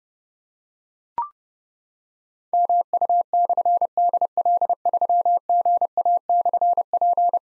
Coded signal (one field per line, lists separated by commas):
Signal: Morse code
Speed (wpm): 30 wpm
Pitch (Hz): 700 Hz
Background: none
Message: MU/DL3GA/P